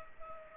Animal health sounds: mosquito wingbeat signal from an infrared sensor; Culex pipiens

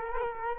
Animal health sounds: mosquito wingbeat signal from an infrared sensor; Culex quinquefasciatus

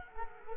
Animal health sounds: mosquito wingbeat signal from an infrared sensor; Culex quinquefasciatus

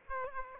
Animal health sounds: mosquito wingbeat signal from an infrared sensor; Aedes aegypti

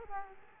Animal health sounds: mosquito wingbeat signal from an infrared sensor; Culex quinquefasciatus

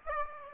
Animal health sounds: mosquito wingbeat signal from an infrared sensor; Aedes aegypti

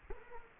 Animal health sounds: mosquito wingbeat signal from an infrared sensor; Culex quinquefasciatus

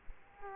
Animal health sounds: mosquito wingbeat signal from an infrared sensor; Culex quinquefasciatus

